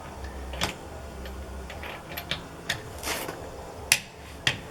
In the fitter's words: hear that click that's 90 foot pounds